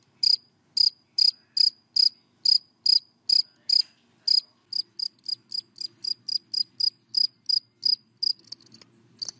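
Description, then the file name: Cricket chirps in a steady series, then slightly faster and quicker pulses after midway, with a faint low hum underneath. Crickets calling, given by the Vietnamese names dế mèn, dế cơm and dế than. "Tieng de men de com de than keu"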